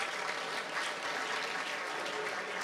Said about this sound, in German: Und der Applaus gehört euch.